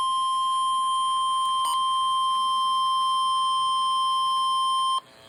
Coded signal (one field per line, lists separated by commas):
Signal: Emergency Alert System (SAME) tones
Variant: 1050 Hz attention tone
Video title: EAS #425 (Severe Thunderstorm Warning)